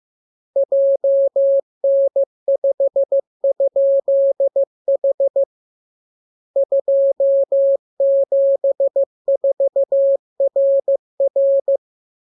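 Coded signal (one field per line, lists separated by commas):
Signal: Morse code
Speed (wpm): 15 wpm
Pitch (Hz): 550 Hz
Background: none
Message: JN5?H 274RR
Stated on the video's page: Morse lesson drill of letters, numbers and punctuation as radiograms opening with VVV and = and ending with AR.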